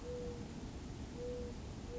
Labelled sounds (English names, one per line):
Mourning Dove